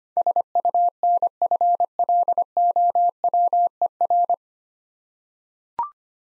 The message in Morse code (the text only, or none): SUNFLOWER